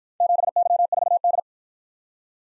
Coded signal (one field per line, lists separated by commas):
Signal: Morse code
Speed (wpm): 53 wpm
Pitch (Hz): 700 Hz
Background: none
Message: 7Y4D